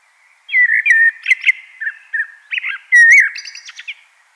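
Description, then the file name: Common blackbird song, a varied run of rich whistled notes mixed with sharp clicks and brief high squeaky twitters. "Turdus merula"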